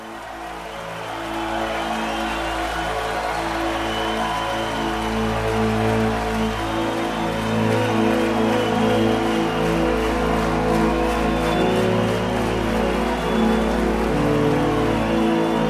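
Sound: audience applause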